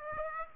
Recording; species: mosquito wingbeat signal from an infrared sensor; Aedes aegypti